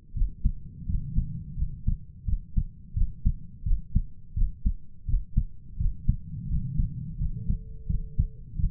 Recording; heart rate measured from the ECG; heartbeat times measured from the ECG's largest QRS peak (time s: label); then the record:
heart sounds by stethoscope; 85 bpm
0.14 s: heartbeat
0.87 s: heartbeat
1.57 s: heartbeat
2.26 s: heartbeat
2.95 s: heartbeat
3.65 s: heartbeat
4.35 s: heartbeat
5.07 s: heartbeat
5.78 s: heartbeat
6.49 s: heartbeat
7.18 s: heartbeat
7.88 s: heartbeat
8.57 s: heartbeat
From the record:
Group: healthy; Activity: rest 0-7 s, light exercise 7-9 s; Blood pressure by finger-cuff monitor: 118/70 mmHg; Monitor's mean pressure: 86 mmHg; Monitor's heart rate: 84 bpm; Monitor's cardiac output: 7.9 L/min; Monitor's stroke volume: 94 mL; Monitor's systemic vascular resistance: 780 dyn s/cm5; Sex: male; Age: 33 years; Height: 179 cm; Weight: 80.4 kg